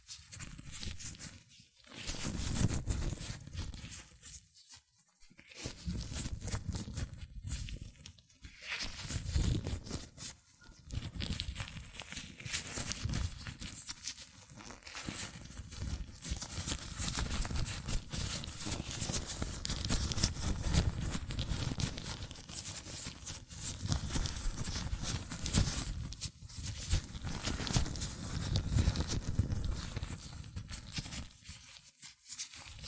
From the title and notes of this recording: ASMR Latex Gloves Hand Sounds (No Talking).